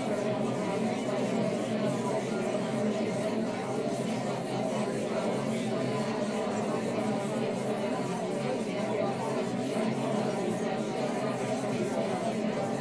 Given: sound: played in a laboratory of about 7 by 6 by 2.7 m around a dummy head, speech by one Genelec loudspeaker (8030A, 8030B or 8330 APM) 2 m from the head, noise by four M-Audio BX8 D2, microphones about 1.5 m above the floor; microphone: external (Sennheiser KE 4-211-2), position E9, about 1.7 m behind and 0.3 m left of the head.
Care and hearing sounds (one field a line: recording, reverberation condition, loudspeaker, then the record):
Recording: babble noise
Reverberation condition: low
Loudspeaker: four, about 170 cm from the corners of the room and facing them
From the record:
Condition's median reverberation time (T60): about 310 ms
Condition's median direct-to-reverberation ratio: about 3.5 dB